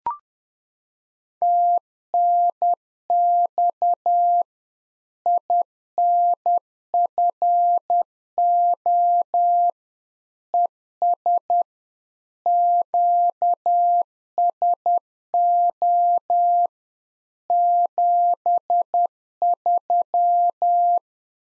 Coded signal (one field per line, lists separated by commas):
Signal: Morse code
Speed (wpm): 10 wpm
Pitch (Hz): 700 Hz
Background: none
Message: TNX INFO ES QSO 73